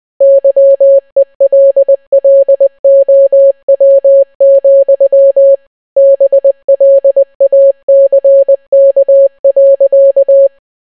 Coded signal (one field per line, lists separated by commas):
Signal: Morse code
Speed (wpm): 20 wpm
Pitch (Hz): 550 Hz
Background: none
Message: YELLOW, BLACK.